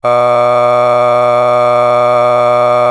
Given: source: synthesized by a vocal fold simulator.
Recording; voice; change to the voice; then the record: sustained vowel; male; a random mix of aspiration noise, stiffness perturbation and strain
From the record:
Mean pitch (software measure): 122 Hz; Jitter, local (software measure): 0.94%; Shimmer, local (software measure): 4.2%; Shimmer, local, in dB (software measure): 0.36 dB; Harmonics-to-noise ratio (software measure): 17.1 dB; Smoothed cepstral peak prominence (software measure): 18.1 dB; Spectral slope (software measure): -15.4 dB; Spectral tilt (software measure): -10.0 dB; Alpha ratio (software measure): -5.9 dB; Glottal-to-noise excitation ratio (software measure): 0.963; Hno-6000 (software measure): 2.1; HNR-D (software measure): 26.3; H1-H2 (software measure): 2.2 dB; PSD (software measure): 8.1e-05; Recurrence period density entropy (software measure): 0.112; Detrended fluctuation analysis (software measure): 0.0319